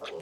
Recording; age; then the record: pig call; piglet (1 to 25 days)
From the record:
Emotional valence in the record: negative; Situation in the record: fighting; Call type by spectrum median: low-frequency call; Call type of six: low-frequency tonal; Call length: 0.22 s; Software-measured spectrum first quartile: 483 Hz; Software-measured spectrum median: 928 Hz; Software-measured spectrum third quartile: 2468 Hz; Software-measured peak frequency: 420 Hz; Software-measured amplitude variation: 130 dB a second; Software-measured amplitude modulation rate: 20.5 a second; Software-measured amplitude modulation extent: 6.3 dB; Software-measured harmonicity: 2.9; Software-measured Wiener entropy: -2.38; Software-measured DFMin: 941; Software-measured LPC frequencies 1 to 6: 511, 1260, 2546, 3350, 4416, 6066 Hz